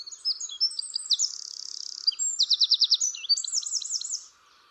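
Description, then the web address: Bird song of high, rapid phrases: thin whistles, a buzzy trill, then fast repeated notes. "cianscape birddata Deverinetal 2025"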